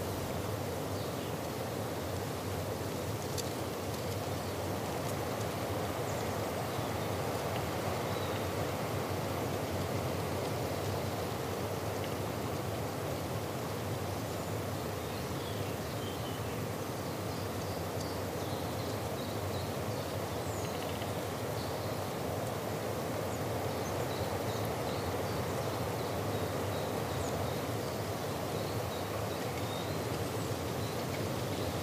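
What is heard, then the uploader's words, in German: Wind sweeps steadily across a mountain meadow, a dense, unbroken rush with a fine crackle of dry leaves woven through it. The level barely changes over the half minute. Faint, thin bird calls surface in the background during the second half. Natur - Wind am Hochgern. Dabei wurde ich von starken Wind überrascht der die Blätter vom letzten Sommer knisternd über die Bergwiese treibt.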